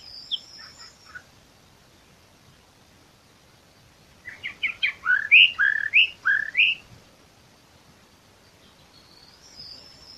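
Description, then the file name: Eastern Orphean Warbler song: one clear phrase of about ten rich, bouncing warbled notes, with faint high thin calls at the start and end. "sylvia crassirostris song"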